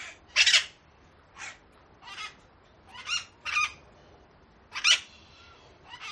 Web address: grupo de loros haciendo ruido en una jaula en la calle